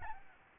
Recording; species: mosquito wingbeat signal from an infrared sensor; Aedes albopictus